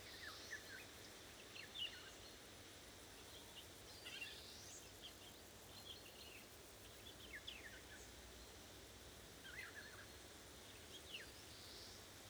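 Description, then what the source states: Eurasian golden oriole rasping calls given repeatedly throughout, short scratchy notes and rising squawks spaced irregularly, with a steady background hiss. Several golden orioles calling, described as talking.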